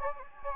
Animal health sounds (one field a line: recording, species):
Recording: mosquito wingbeat signal from an infrared sensor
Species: Anopheles gambiae